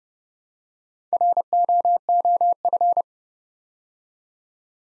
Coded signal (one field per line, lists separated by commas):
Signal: Morse code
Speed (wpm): 30 wpm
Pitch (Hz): 700 Hz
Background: none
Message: ROOF